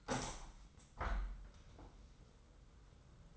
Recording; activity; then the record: daily activity, microphone in the room; open window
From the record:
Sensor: 3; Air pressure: 990.3 hPa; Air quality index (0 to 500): 186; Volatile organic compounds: 1000 ppm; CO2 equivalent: 6044 ppm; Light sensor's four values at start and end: 34/81/33/30 and 34/81/33/31